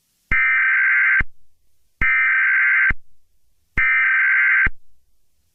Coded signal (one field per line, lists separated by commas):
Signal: Emergency Alert System (SAME) tones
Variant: header bursts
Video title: EAS Scenario #83: The Irresistible Phenomenon Part 2